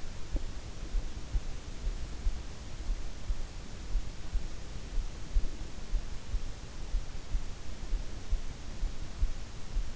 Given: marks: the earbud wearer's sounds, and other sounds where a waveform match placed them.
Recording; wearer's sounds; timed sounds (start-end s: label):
sounds in sleep by an in-ear microphone; teeth grinding
0.00-0.97 s: teeth grinding